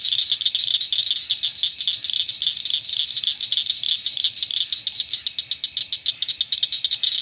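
Blanchard's cricket frog producing a rapid, rattling run of high clicks, steady and unbroken throughout, with the pulses bunching into quick bursts.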